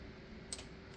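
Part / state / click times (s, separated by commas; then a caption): plastic locking clip on an engine wiring connector / seated / 0.5 s. A plastic locking clip on an engine wiring connector of a Mercedes-Benz GLK350 (X204) with the M272 engine, pried up earlier during a thermostat replacement, is pushed back down. It gives a single short, sharp click at 0.5 s over a steady low background hum. The clip seats and locks the connector in place.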